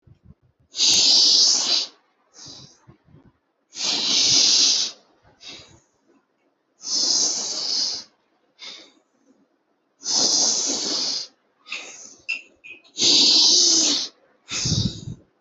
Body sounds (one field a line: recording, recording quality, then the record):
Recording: deep breathing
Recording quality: excellent, no background noise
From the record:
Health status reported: healthy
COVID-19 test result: not tested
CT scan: not taken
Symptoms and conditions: none ticked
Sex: female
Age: 56 years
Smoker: no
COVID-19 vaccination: none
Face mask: not worn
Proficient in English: no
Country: India